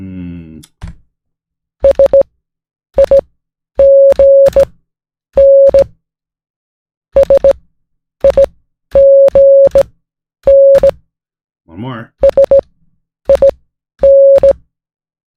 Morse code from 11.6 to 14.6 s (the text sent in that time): SIN